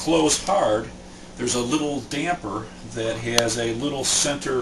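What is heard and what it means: Someone talks while handling a small soft-close damper with a little center spring, about to fit it onto the body of an Ikea cabinet door hinge so the door doesn't close hard. Nothing has seated or clicked yet.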